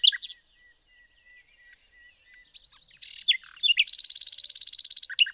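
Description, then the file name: Common nightingale song: sharp notes, soft whistles, then a dense, fast buzzing rattle of repeated notes. "Luscinia megarhynchos"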